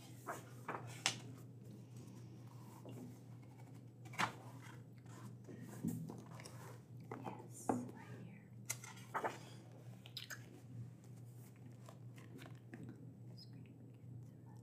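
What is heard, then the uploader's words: Books are handled and prepped, with soft rustles, taps and page or cover sounds scattered irregularly, sharper knocks near 1, 4, 6, 8 and 9 seconds. A steady low hum runs underneath throughout. Librarian Checking Books ASMR. I will be checking through and prepping books for the library. There are some noise issues in this one.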